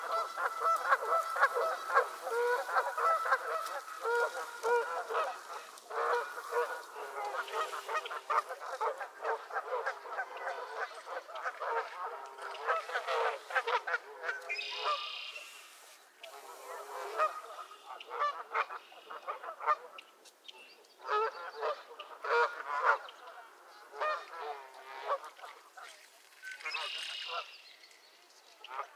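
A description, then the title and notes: Geese squabble at a marsh, a dense run of honks and nasal calls overlapping almost without pause. The calling is loud and busy through the first half, then breaks into choppier bursts with brief gaps, and a few sharper, higher squawks cut in around the middle and near the end. Geese squabbles at Miner's Marsh, Annapolis Valley, Nova Scotia.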